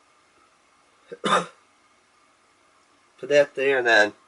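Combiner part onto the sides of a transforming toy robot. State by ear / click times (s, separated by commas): not seated / none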